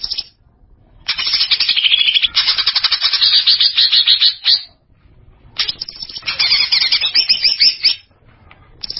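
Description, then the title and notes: Greater green leafbird song: dense, harsh, rapid chattering bursts of several seconds, separated by brief quieter gaps, with scratchy trilled notes throughout. A champion songbird singing. "Kicau Burung Cucak Ijo Juara. Suara kicauan burung cucak ijo"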